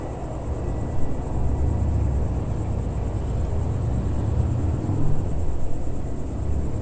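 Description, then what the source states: Cicada song, a steady unbroken high-pitched buzz held for the whole stretch, over a low rumbling background. A single cicada in a garden with lavender and myrtle in a small village in Picardy, Northern France, in the warm early evening.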